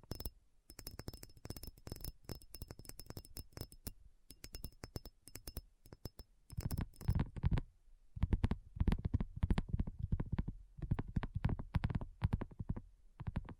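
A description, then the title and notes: ASMR tapping: rapid, dense finger taps, crisp and clicky in the first seven seconds, then deeper, thuddier bursts with brief pauses between. ASMR Addictive Tapping. (No Talking).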